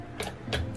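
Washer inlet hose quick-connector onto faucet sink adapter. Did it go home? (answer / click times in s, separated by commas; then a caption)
no / none. The inlet hose quick-connector of a BLACK+DECKER portable laundry washing machine is handled against the faucet sink adapter. Brief, light ticking and scuffing sounds play over a low background hum. The connector has not seated or clicked yet.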